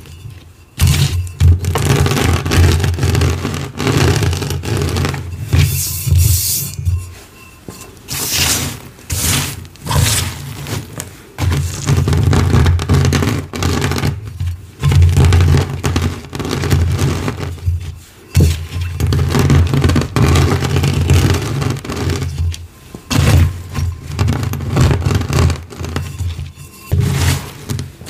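Gym chalk shards are crushed with a rolling pin in long grinding, crunchy passes, with brief pauses near 7, 11, 15 and 18 seconds.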